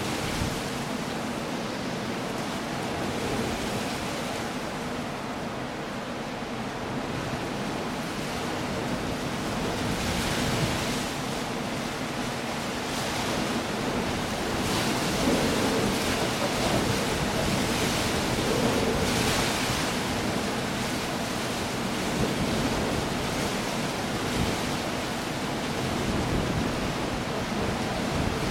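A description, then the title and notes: A blustery coastal storm roars without pause, a dense, steady wash of wind and surf filling everything from low rumble to bright hiss. Gusts swell and ease every few seconds, with a louder stretch from about fifteen to twenty seconds, and there are no distinct events. The Coastal Storm. The rugged coastline of the southwestern shores of England (Cornwall to be precise). A blustery storm.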